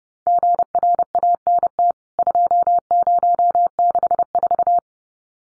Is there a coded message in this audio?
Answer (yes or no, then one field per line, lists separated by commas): yes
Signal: Morse code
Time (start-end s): 0.3-4.8 s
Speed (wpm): 30 wpm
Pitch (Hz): 700 Hz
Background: none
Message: GRANT 2064